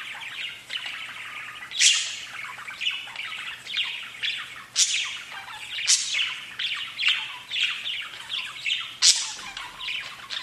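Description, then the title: Budgerigar chatter, an unbroken scratchy warble with a few piercing high chirps standing out. "Budgie Sounds"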